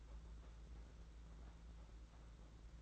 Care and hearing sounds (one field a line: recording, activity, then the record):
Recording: daily activity, microphone in the room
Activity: take from stove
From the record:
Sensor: 3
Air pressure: 991.9 hPa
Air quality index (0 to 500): 226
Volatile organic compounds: 1000 ppm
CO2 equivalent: 7778 ppm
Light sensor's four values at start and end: 27/80/33/27 and 27/80/33/28